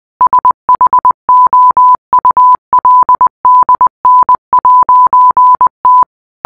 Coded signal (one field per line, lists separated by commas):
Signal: Morse code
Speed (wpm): 20 wpm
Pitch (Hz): 1000 Hz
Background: none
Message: SHOULDN'T